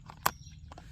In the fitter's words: you just flip them up like so nice audible click when they come up